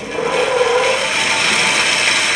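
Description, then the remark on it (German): A loud, continuous rasp of wooden boards being sawn to size on a machine, a steady grinding whine with a faint tonal hum early on, running unbroken without any voices. “Aber jetzt säge ich die Bretter zu.”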